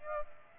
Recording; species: mosquito wingbeat signal from an infrared sensor; Aedes aegypti